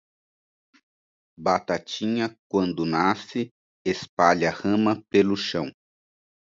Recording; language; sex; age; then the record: short text; Brazilian Portuguese; male; 50 to 59 years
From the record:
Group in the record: control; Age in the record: 57 years